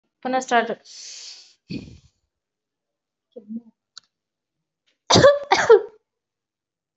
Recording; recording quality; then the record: shallow voluntary cough; moderate, slight background noise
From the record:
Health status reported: recovered from COVID-19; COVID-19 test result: positive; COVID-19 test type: RT-PCR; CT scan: not taken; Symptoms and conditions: cough, cold, fever, loss of smell and taste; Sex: female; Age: 36 years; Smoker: no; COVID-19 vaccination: both doses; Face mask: worn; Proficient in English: yes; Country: India